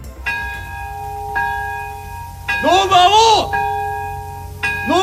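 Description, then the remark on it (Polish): A memorial bell in Nagasaki, Japan, tolls at 11:02 to mark 80 years since the atomic bombing, in slow, evenly spaced strokes, each one ringing on with a bright, sustained hum of overtones. A voice briefly rises over the bell midway. “O 11:02, czyli o godzinie, o której 80 lat temu amerykański ładunek nuklearny eksplodował nad japońskim miastem, rozległo się bicie dzwonu.”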